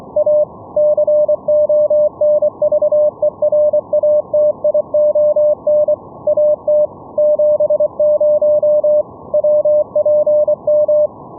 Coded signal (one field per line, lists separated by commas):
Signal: Morse code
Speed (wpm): 24 wpm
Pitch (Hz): 600 Hz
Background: none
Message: A CONVERATION AT 70 WPM